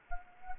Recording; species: mosquito wingbeat signal from an infrared sensor; Anopheles gambiae